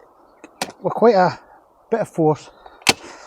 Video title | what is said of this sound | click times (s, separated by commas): Eskute Star Folding Fat tyre E-bike easy build. We fold and unfold the e-bike | lock the arm over and you will hear it click in place once you've got it there | 2.9 s